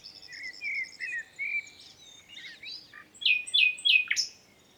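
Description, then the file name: Common nightingale song opening with high repeated notes and short slurred whistles, then a burst of loud, steeply falling chirps. "Luscinia megarhynchos"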